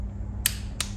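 A click-type torque wrench tightens a new spark plug to about 20 Nm into the cylinder head of a Ducati Monster S2R 1000. Over a low steady hum, the wrench gives its first sharp click at 0.5 s, followed by another sharp snap at 0.8 s and a faint tick near 1.0 s. The first click confirms the plug has reached its set torque.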